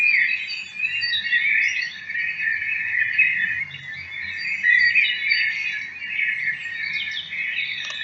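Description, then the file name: Bird song: dense, continuous twittering and chirping, many overlapping notes, with no other clear sounds. "Vogel"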